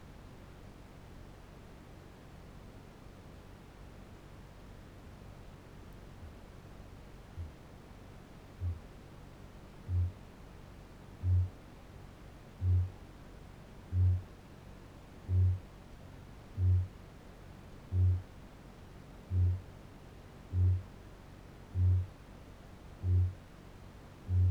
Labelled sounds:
Kākāpō boom
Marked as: faintness 3/5, faintness 2/5
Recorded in New Zealand
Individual Barnard

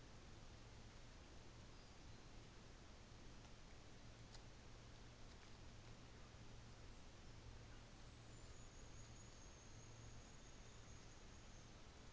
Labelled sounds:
New Zealand Fantail
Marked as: faintness 4/5
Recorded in New Zealand on 24 December 2018
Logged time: 13:35

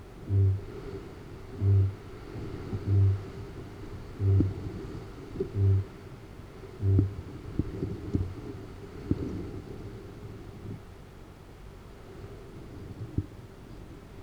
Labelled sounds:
Kākāpō boom
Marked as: faintness 2/5
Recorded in New Zealand
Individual Arab

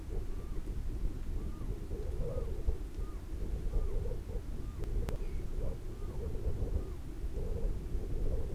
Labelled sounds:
Morepork trill
Morepork weow call
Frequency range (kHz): Morepork 0.7-1.7 kHz
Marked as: faintness 5/5
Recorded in New Zealand on 4 June 2017
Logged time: 19:01
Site Taranaki

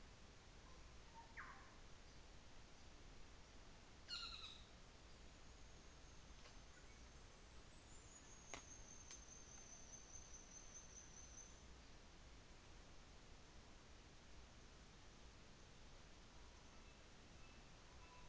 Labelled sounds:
North Island Saddleback
New Zealand Fantail
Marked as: faintness 2/5, faintness 5/5, faintness 1/5
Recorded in New Zealand on 24 December 2018
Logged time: 17:45

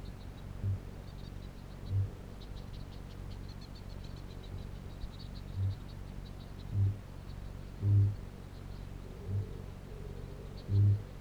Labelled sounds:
Kākāpō boom
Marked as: faintness 3/5, faintness 2/5
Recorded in New Zealand
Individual Piripi

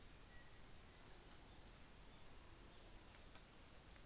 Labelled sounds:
New Zealand Fantail
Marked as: faintness 4/5
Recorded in New Zealand on 24 December 2018
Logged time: 11:00

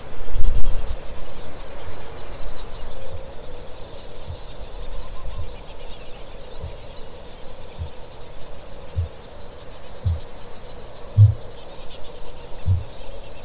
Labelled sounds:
Kākāpō boom
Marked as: faintness 5/5, faintness 3/5, faintness 2/5
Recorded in New Zealand
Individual Stumpy

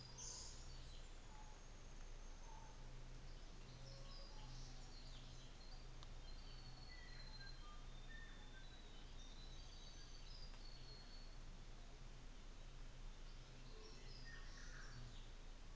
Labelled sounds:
New Zealand Fantail
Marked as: faintness 4/5
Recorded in New Zealand on 24 December 2018
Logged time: 13:10

